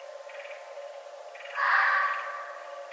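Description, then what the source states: Red fox giving a harsh, hoarse scream that fades, preceded by two brief bursts of faint rapid pulsed sound. Recorded on 11 November 2011.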